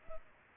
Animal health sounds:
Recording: mosquito wingbeat signal from an infrared sensor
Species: Culex pipiens

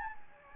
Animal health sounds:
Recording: mosquito wingbeat signal from an infrared sensor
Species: Anopheles gambiae

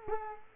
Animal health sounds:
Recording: mosquito wingbeat signal from an infrared sensor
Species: Culex quinquefasciatus

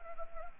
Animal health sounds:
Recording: mosquito wingbeat signal from an infrared sensor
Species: Anopheles arabiensis

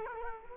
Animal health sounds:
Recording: mosquito wingbeat signal from an infrared sensor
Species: Culex quinquefasciatus

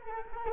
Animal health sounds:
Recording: mosquito wingbeat signal from an infrared sensor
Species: Culex quinquefasciatus

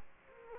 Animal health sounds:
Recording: mosquito wingbeat signal from an infrared sensor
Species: Culex quinquefasciatus

